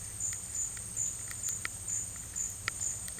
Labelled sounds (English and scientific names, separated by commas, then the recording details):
none
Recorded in dense forest near Puerto Asís, Putumayo, Colombia, on 19 March 2025 at 12:00
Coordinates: 0.484, -76.317
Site G064